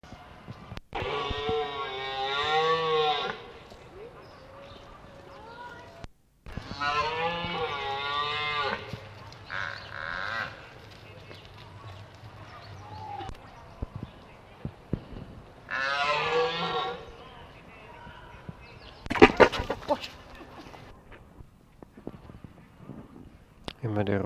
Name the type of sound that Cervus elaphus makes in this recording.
rut call